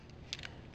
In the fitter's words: got a good ratchet click to it I like that and I'll bring this up clicking